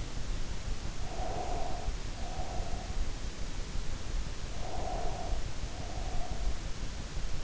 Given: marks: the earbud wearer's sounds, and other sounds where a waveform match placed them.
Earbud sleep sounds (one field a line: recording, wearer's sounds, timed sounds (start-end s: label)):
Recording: sounds in sleep by an in-ear microphone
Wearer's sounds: breath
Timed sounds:
0.98-3.06 s: breath
4.52-6.57 s: breath